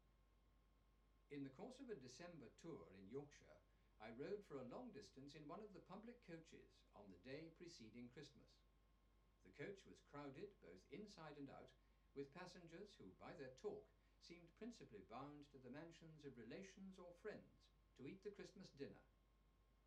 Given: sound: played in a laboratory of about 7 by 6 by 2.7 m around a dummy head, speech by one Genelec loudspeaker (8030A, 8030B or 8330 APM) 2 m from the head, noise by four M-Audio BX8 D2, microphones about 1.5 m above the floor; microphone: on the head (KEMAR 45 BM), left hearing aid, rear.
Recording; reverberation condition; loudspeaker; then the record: male speech in English; low; in front (0 degrees)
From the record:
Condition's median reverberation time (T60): about 310 ms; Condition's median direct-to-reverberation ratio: about 3.5 dB